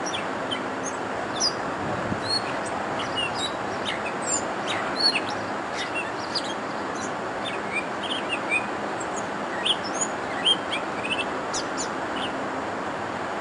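Catbird song, a jumbled run of varied short chirps, squeaks and slurred notes at irregular intervals over a steady loud hiss.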